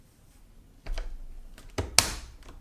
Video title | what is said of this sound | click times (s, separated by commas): Shark Ion Robot RV720 Dual Action Robot Vacuum Cleaner Reviews | Snap them onto the square peg and click into place. | 2.0 s